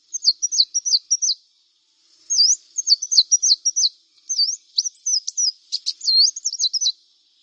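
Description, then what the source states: Brown-throated Sunbird song with three bursts of thin, high, zigzagging notes, with sharp ticks in the last burst. Vigorously singing bird (described as 'gacor'), called 'kolibri kelapa'.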